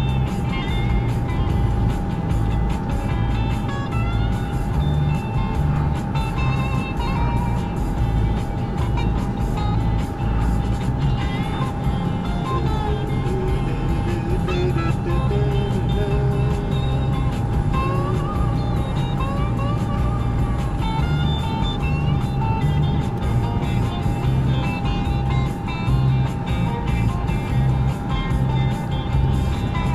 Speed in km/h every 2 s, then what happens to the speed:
98, 98, 97, 98, 97, 97, 95, 95, 97, 97, 97, 98, 97, 93, 93.
0-30 steady at about 97.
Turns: none.